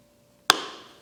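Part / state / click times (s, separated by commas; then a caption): shift solenoid into automatic transmission mechatronic unit / seated / 0.5 s. A new pre-lubricated shift solenoid is pressed by hand into the mechatronic valve body of a Land Rover LR3's 6HP26 automatic transmission. After near silence, a single sharp, loud click sounds at 0.5 s, followed by a bright metallic ring that fades over the next half second. The solenoid is seated.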